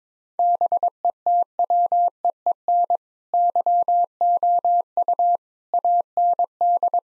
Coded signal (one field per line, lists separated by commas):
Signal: Morse code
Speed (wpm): 22 wpm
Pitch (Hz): 700 Hz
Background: none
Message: BETWEEN YOU AND